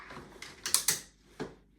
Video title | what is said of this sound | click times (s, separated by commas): Joolz Aer 2: From Seat to Carrycot and Back Again | You heard audible clicking. | 0.7 s, 0.9 s